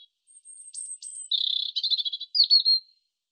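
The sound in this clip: European robin song phrase: very high thin whistles, then a rapid buzzy trill, stuttering warbled notes and a final clear whistled flourish, all within about three seconds.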